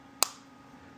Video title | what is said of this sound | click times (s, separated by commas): 2019 Jeep Grand Cherokee Key Fob Battery Replacement (CR2032) | You should hear it click. | 0.2 s